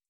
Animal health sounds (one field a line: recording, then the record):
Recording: hydrophone in a shrimp aquaculture tank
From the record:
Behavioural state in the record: starved